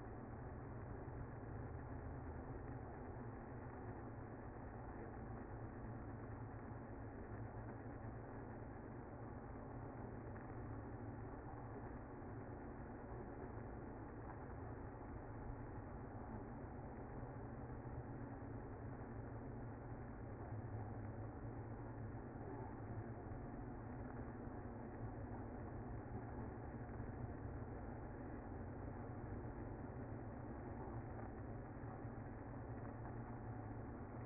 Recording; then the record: honeybee colony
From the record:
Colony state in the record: active